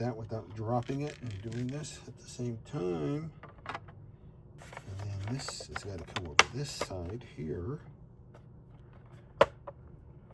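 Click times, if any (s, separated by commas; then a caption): none. Someone talks while handling the replacement blower motor assembly for a ResMed AirSense 10 CPAP machine, positioning it over the machine's plastic housing. Light plastic clicks and handling taps are heard, with a sharper tap near 9.4 s and another at the very end. The assembly has not yet snapped into the housing; nothing has seated yet.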